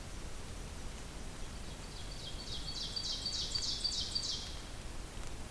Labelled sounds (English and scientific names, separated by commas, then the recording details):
Ovenbird (Seiurus aurocapilla) song
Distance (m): 45 m
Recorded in boreal forest in Alberta, Canada, on 2 June 2016 at 07:01
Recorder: SongMeter 3, array SBT-3-7
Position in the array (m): 215 m, 171 m
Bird 8